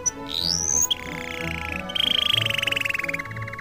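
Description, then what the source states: Canary song: a rising whistled sweep, then a long trill that slows into separate pulses, over background music. Canary song mixed with music.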